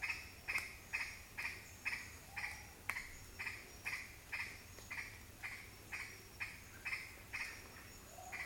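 Green aracari calling in a long run of harsh, clipped notes, about two each second, evenly paced, over a soft low background hum.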